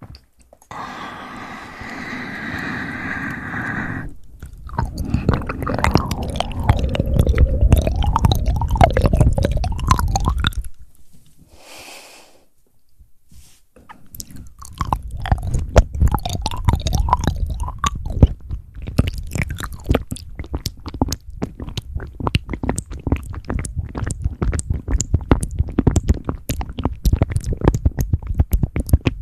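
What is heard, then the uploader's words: Fast wet mouth sounds with dense clicks and smacks, a low hum-like voice early on, a brief quiet gap near eleven seconds. ASMR Fast Mouth Sounds.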